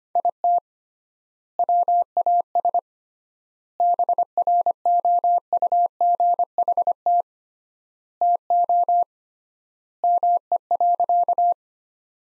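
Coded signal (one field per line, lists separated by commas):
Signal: Morse code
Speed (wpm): 25 wpm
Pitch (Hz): 700 Hz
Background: none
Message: IT WAS BROUGHT TO ME.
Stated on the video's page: Morse sentences built from the top 500 words, sent at 25 wpm with three times standard word spacing, a word-level analogue of Farnsworth spacing, for head-copy practice.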